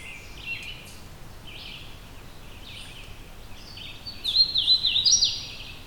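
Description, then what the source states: American Robin calls: faint high notes early on, then a quick, loud burst of sharp chirps near the end, over steady urban background noise. Urban background noise at the recording location; the bird flew across and came closer during recording.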